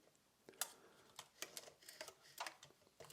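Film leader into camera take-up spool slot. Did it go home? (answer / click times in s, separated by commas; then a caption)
no / none. A film leader is pushed into the take-up spool slot of a vintage 35mm SLR while the advance lever is wound, producing a series of small mechanical ticks and clicks with the sharpest at about 0.6 seconds. The leader has not caught on the spool, and nothing has seated or clicked into place yet.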